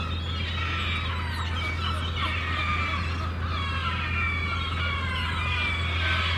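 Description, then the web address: Gulls calling, continuous overlapping wailing and sliding cries from a crowd of birds, with a low droning hum underneath. Gulls at a harbour, described as crazy. "The Sound Pack Tree - Sonic Seaside - Crazy Harbor Seagulls"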